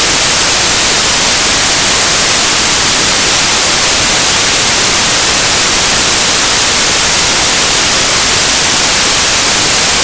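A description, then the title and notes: White noise runs unchanged for the whole ten seconds, a dense, even hiss with no breaks or events. It is bright and airy, strongest in the high end, with a thin, grainy low rumble underneath, and sits at a constant loudness throughout. White Noise Sound.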